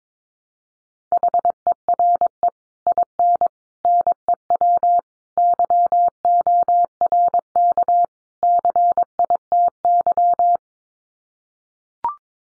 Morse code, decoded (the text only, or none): HERE IN NEW YORK CITY